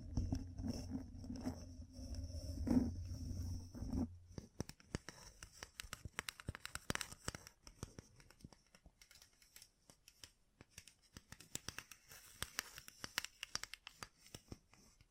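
Fingertips covered in gems tap and scratch in quick, irregular clicks and scrapes, crisp and bright. For the first four seconds a low steady hum sits underneath with a faint high whine, then drops away, leaving sparse tapping with brief busier scratching bursts near seven and twelve seconds.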